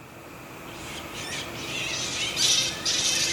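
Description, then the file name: Flying fox calls start faint, then grow into louder rasping, squealing squawks in the second half, several in rapid succession. Recorded at Itoman, Oshiro, on 7 October 2021. "okomori itoman oshiro"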